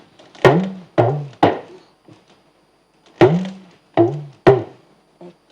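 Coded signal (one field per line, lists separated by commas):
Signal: talking drum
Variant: Yoruba dùndún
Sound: two phrases of three pitched drum strokes, each tone gliding low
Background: small room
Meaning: Good morning greeting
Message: Ekaro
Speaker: If you're going to say good mornings for our viewers, just say good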